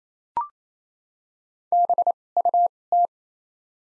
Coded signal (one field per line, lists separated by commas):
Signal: Morse code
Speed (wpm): 28 wpm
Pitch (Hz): 700 Hz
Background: none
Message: BUT